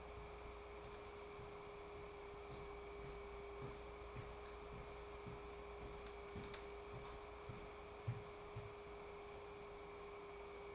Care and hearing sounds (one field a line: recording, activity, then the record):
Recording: daily activity, microphone in the room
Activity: walk to room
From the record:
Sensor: 1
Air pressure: 1010.5 hPa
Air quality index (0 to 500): 172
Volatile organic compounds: 12 ppm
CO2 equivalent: 2364 ppm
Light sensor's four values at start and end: 57/146/61/78 and 53/139/58/74